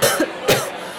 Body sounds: coughing mixed with background sound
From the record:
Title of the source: Coughing Woman Sound - Woman Cough Sound Effect

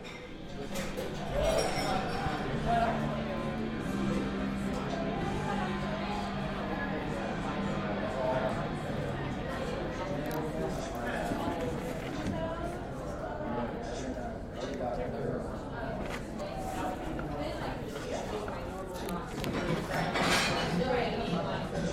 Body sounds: background sound without coughing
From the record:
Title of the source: 60 minutes of coffee shop sounds for study and concentration

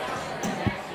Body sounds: coughing mixed with background sound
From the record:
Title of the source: Spring Cold Coughing.

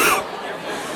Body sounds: coughing mixed with background sound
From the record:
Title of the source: 31 night wet cough

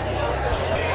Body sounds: background sound without coughing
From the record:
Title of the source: CITY SOUNDS Busy Bar in the Evening Night - 2 HOURS of Ambiance for Relaxation

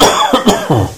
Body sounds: coughing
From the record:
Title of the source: Spring Allergy Coughing

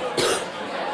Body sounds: coughing mixed with background sound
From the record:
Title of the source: 30 Chesty and wet cough

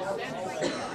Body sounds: coughing mixed with background sound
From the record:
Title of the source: female coughing - coughing sound effects girl

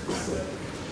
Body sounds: coughing mixed with background sound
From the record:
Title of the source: Residual Phlegmy Morning Coughing and Gagging

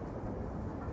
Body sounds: background sound without coughing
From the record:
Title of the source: Train Ride Ambience ambient white noise for sleeping, focus, studying, reading

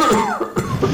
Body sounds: coughing mixed with background sound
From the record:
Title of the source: Mid-morning Winter Coughing Fit

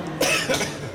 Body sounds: coughing mixed with background sound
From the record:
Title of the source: Dry Afternoon Cough

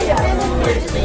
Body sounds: background sound without coughing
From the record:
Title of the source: Nightlife Party Simulating Party Club Noise 1 Hour

